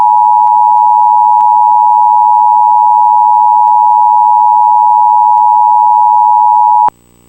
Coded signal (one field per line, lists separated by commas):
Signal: Emergency Alert System (SAME) tones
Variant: 853 and 960 Hz attention tone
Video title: #MockMasterChallenge here is my EAS recreation